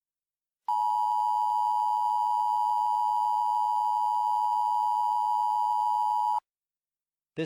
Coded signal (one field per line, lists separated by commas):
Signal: Emergency Alert System (SAME) tones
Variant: 853 and 960 Hz attention tone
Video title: EAS Mock 20: To Pierce The Veil